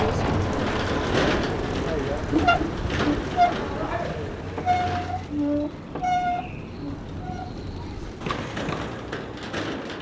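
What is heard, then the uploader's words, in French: A busy street in a crowded neighbourhood, with voices chattering and overlapping throughout. Short bright tones and clinks pop out around the middle, near four to seven seconds, over a steady low rumble of traffic and general bustle. La compositrice Marie-Hélène Bernard tend son micro dans les ruelles du quartier populaire de Belsunce, à Marseille.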